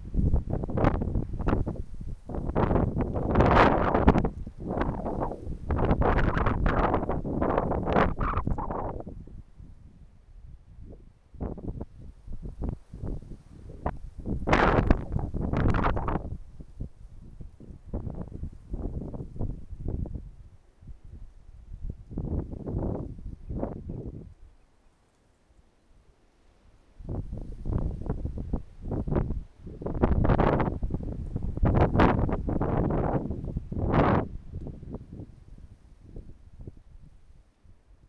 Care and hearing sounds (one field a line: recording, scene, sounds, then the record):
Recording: everyday scene through a hearing-aid microphone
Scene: wind on the microphone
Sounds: wind, traffic, birds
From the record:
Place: suburban garden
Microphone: behind the ear, right, rear